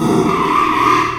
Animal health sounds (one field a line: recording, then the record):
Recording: squeal of a Yucatan mini pig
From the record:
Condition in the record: after surgery on the right vocal fold (resection and tissue-engineered implant)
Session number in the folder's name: 1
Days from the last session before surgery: 6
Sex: male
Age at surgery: 12 weeks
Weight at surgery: 13 kg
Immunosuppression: cyclosporine, prednisolone